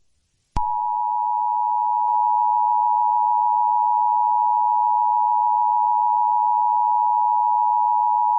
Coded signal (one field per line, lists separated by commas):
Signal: Emergency Alert System (SAME) tones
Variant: 853 and 960 Hz attention tone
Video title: EAS Scenario - Voyager